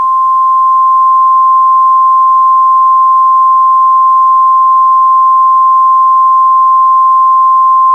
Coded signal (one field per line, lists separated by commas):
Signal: Emergency Alert System (SAME) tones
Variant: 1050 Hz attention tone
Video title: Old EAS message